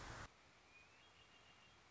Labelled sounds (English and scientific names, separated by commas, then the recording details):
Red-winged Blackbird (Agelaius phoeniceus)
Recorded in Sonoma County, California